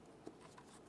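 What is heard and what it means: A wiring harness connector is handled and pressed toward the mirror/window switch assembly in the door of a 2006–2011 Honda Civic during power window motor and regulator replacement. Only faint, quiet handling noises are heard, with one brief soft tap near 0.3 s. The connector has not seated or clicked in yet.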